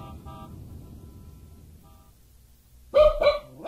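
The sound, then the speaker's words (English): A low rumble with a few faint tonal toots fades out, then a small dog lets out two sharp, high-pitched yappy barks, loud and quick, with a third starting as it ends. “That dog is small.”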